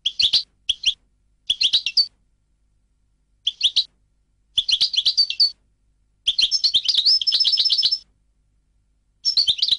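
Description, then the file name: European goldfinch song: short twitter bursts building into longer phrases of rapid tinkling notes and a sustained buzzy trill. "audio burung goldfinch"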